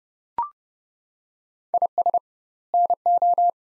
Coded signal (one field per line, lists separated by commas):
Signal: Morse code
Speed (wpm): 30 wpm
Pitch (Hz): 700 Hz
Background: none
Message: IS NO